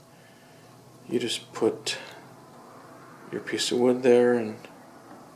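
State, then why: Not seated. Someone talks while a piece of wood is set in place under an adjustable toggle clamp on a sanding jig, with only faint handling sounds under the voice. The clamp has not yet been pushed down, so nothing has locked or clicked into place by the end of the clip.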